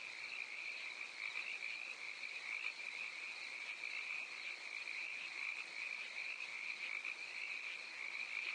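Crickets in full chorus, a sustained shrill, finely pulsed trill holding an even level from start to finish.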